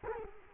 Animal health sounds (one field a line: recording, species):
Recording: mosquito wingbeat signal from an infrared sensor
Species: Culex quinquefasciatus